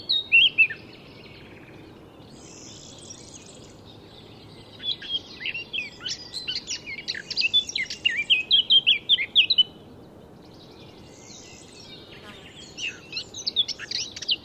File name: Sylvia atricapilla